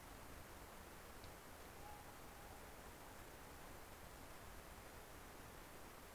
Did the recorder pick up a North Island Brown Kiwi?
no